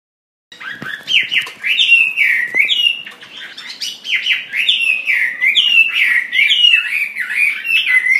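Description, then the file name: Chinese hwamei singing a long, varied stream of loud whistled and slurred notes, phrases shifting and repeating, with a few faint clicks early on. "audio gathering hwamei. omkicau"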